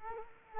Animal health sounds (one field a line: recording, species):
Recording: mosquito wingbeat signal from an infrared sensor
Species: Culex quinquefasciatus